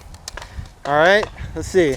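A rifle magazine that was not fully in is pushed home into the magazine well of a suppressed Flux Raider, with a short run of sharp hits between 0.1 and 0.4 s. The magazine seats with a click at 0.3 s. Afterward, someone talks.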